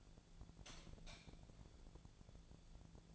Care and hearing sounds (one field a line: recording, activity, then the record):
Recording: daily activity, microphone in the room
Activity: light off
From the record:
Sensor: 5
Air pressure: 1000.2 hPa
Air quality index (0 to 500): 99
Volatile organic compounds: 1 ppm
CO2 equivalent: 806 ppm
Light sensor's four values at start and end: 257/614/263/293 and 257/610/261/291